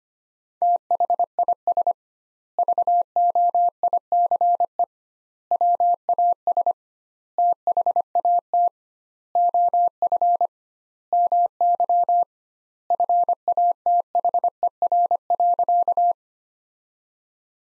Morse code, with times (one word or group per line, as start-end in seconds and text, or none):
0.6-1.9 THIS
2.6-4.8 VOICE
5.5-6.7 WAS
7.4-8.7 THAT
9.4-10.5 OF
11.1-12.2 MY
12.9-16.1 FATHER.